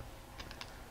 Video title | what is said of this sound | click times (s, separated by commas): Distributor Printer Photobooth Murah I Jasa Photobooth - lion5tudio | locks into place | 0.6 s